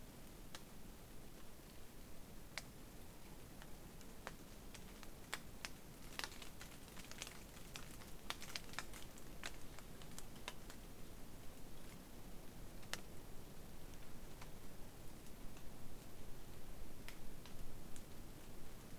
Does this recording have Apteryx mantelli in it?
no